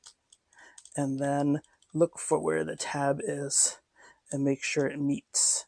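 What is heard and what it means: A folding plastic part of a Hasbro Transformers Legacy United Sandstorm transforming robot toy figure is pushed down all the way until the limb clicks into place. Faint ticks come first, then a sharp tick-like click at 0.8 s, and the part is seated. Someone talks afterward.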